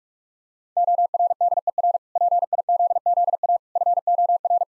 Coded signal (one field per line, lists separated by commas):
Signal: Morse code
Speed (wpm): 46 wpm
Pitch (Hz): 700 Hz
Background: none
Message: ORDER PIZZA FOR